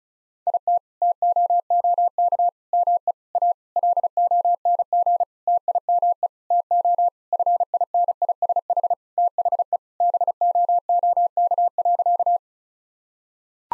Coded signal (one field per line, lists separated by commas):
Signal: Morse code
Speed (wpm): 34 wpm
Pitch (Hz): 700 Hz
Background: none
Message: IT TOOK ME A LONG TIME TO FINISH THE BOOK.